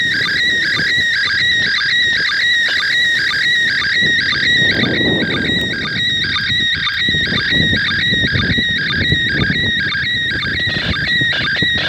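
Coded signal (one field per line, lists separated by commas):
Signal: SSTV (slow-scan television)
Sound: steady warbling tone repeating a short buzzy scanning pattern about twice a second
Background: handling and rumble noise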